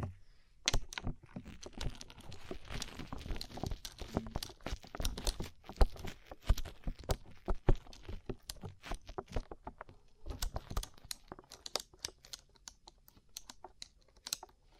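Quick, irregular tapping on a rhinestone-covered surface makes bright, crisp clicks almost nonstop, with a denser flurry of taps just after ten seconds.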